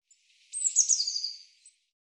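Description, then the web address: Eurasian blue tit call: one high, sharp note sliding into a rapid, slightly descending buzzy trill lasting about a second. "cianscape birddata Deverinetal 2025 File cleaned normalized Bird Cy Ca"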